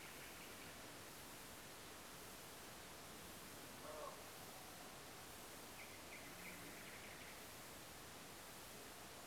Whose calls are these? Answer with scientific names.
none